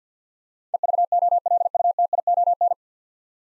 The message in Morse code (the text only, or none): EVOLUTION